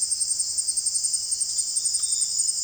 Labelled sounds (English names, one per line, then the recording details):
none
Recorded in pastures near Puerto Asís, Putumayo, Colombia, on 29 June 2025 at 18:00
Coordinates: 0.502, -76.324
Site G010